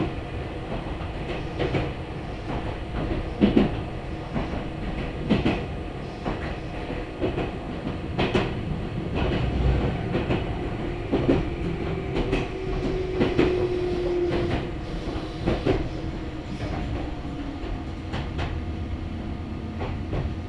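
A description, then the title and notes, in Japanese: A local train on the Meitetsu Kakamigahara Line rolls along with a steady, low rumble that fills the whole 20 seconds. Sharp clacks and knocks from the wheels break through every second or two, and a faint tonal whine rises around the middle. 名古屋鉄道各務原線 新加納→犬山 普通列車。だいぶ日も西に傾いてきた頃です。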